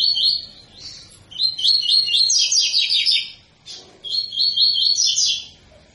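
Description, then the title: Double-collared seedeater pouring out fast, high, buzzy twitters in two long, nearly continuous phrases with a brief break. Tui-tui song style, a 'fibra' bird; teacher song used for training young birds. "COLEIRO TUI TUI FIBRA"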